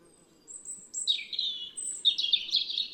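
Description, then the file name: European robin singing: thin, very high whistles followed by quick tumbling warbled phrases, twice, over a faint low steady hum. "Erithacus rubecula"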